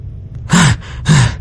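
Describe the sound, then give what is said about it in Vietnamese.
A man sitting up gives a sharp, voiced gasp, then heavy, ragged panting: a soft breath in and another loud, strained gasping breath, all without speech. “Trương Bình rít một tiếng, ngồi dậy, ngực phập phồng, liêm tiết thở hổn hển”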